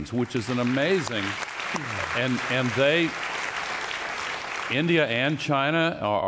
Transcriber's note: applause